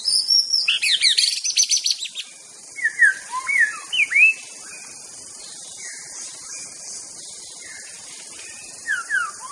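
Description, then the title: White-rumped shama song: a burst of rapid high buzzy notes, then several rich whistled falling phrases, a pause, and more whistles near the end, with constant insect hum. Wild bird recorded in forest. "Kicau Asli Murai Batu Hutan"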